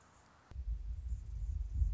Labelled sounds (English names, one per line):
Anna's Hummingbird